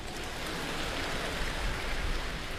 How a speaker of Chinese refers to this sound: 谢谢， 再次感谢大家给我的掌声鼓励，谢谢。